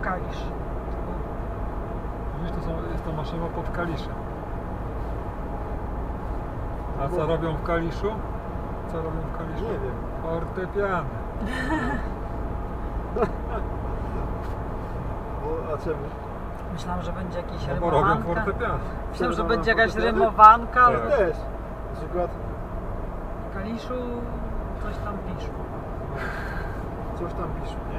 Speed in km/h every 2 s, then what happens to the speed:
78, 78, 79, 79, 79, 78, 79, 80, 80, 76, 73, 72, 71, 77.
0-16 steady at about 79. 16-21 slows to 72.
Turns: none.